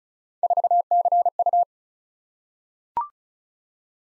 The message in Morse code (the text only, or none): 4CU